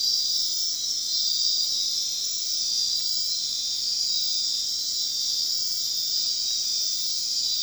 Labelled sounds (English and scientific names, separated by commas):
none